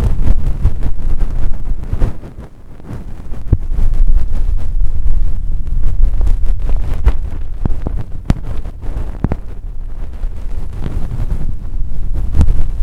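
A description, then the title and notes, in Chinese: Muffled ear cleaning with a fluffy tool: a dense, steady low rustling rumble, broken by scattered sharp clicks and brushes. 睡眠導入 絨毛掏耳。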